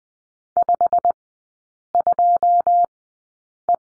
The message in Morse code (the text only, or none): 52E